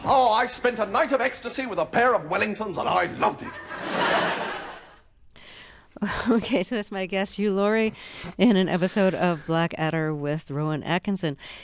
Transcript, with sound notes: Oh, I spent a night of ecstasy with a pair of Wellingtons and I loved it.
(SOUNDBITE OF LAUGHTER)
OK. So that's my guest, Hugh Laurie, in an episode of "Blackadder" with Rowan Atkinson.